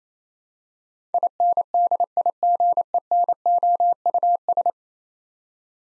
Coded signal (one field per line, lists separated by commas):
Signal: Morse code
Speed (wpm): 27 wpm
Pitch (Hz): 700 Hz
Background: none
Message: INDIGENOUS